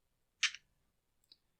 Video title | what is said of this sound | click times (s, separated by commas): Husqvarna 365 Chainsaw Carb Refresh | Just snaps into place. | 0.4 s